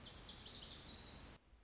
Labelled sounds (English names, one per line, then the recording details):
Lazuli Bunting
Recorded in Sonoma County, California